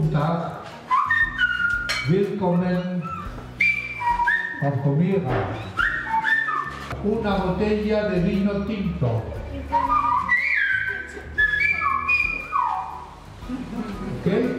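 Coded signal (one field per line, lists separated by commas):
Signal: whistled language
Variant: Silbo Gomero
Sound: loud gliding whistles rising and falling between phrases, interleaved with people talking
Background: people talking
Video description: Pasaulē vienīgā svilpošanas valoda, kas ne tikai ir saglabājusies līdz mūsdienām, bet arī to māca skolniekiem skolā, un mums paveicās to dzirdēt.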